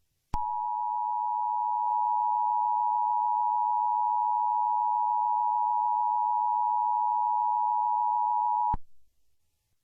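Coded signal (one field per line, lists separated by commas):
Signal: Emergency Alert System (SAME) tones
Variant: 853 and 960 Hz attention tone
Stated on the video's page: Fictional EAS scenario, not a real alert.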